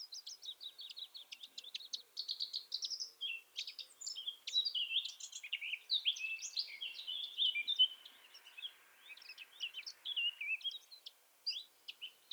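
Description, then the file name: Eurasian blackcap singing a long, sustained, hurried warble of mixed twittering and scratchy high notes, barely pausing throughout. "Sylvia atricapilla"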